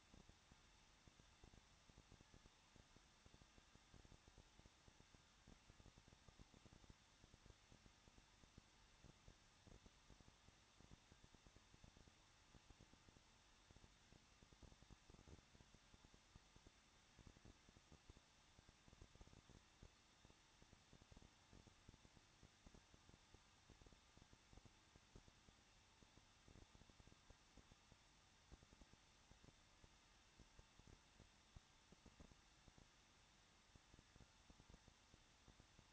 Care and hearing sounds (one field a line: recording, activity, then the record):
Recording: daily activity, microphone in the room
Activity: no activity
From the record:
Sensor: 3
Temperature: 21.2 degrees Celsius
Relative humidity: 36.3%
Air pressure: 1006.3 hPa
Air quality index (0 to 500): 221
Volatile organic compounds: 40 ppm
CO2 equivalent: 3145 ppm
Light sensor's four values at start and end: 2/3/2/2 and 2/3/2/2